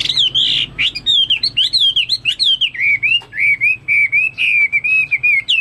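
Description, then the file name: Chinese hwamei song: loud warbling whistles sliding up and down in quick succession. "omkicau hwamei"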